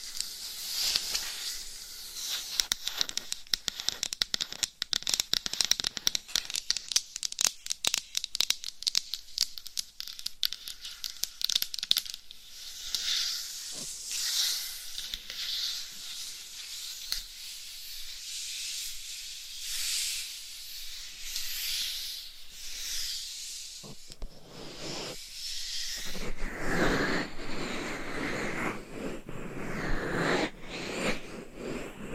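Scratching and tapping on a dummy head microphone's covers, starting as a dense run of quick, sharp scratches and taps for the first twelve seconds. After that the sound turns to softer, continuous rubbing and crinkling with a steady hiss, growing fuller and rougher near the end.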